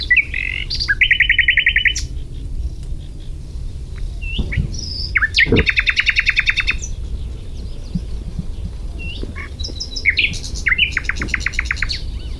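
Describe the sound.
Common nightingale song: varied phrases of rapid repeated notes and trills alternating with sharp whistled notes and brief pauses.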